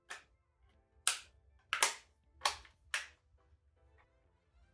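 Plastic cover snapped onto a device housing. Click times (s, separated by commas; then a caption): 1.1 s, 1.7 s, 2.5 s, 2.9 s. A plastic cover or faceplate is pressed onto a device housing and snapped on around its edge, gently rather than forced. After a softer tap at the start, sharp plastic snaps ring out at 1.1, 1.7, 2.5 and 2.9 seconds. The cover clips into place and is seated.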